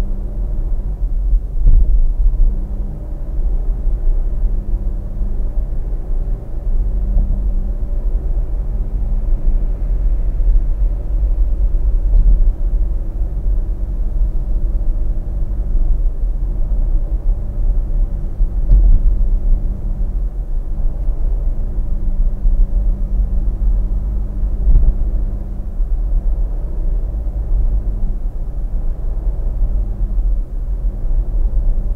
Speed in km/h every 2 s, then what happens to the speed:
65, 63, 66, 67, 69, 70, 70, 71, 71, 72, 73, 72, 74, 74, 74, 73.
0-32 speeds up to 73.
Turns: none.